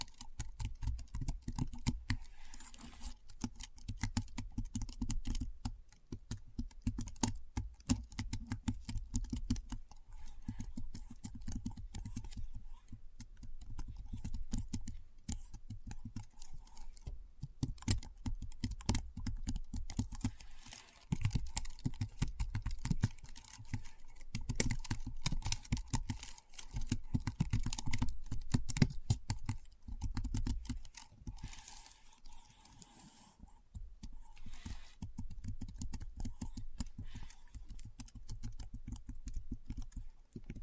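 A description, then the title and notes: Keyboard typing in a steady, dense run of quick clicks and clacks for the whole 41 seconds, with slight pauses now and then, notably around 33 seconds. The keystrokes have a firm low thud under a crisp tap, plus a faint constant hum. ASMR Keyboard Sounds (No Talking).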